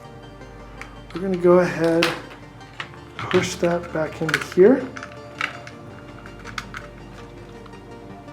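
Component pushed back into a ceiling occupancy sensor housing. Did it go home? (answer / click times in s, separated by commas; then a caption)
no / none. A part is handled and pushed back into a ceiling occupancy sensor housing while someone talks, with short tapping and handling sounds over a low steady hum. The clip ends before the part goes home, so nothing has seated or clicked into place yet.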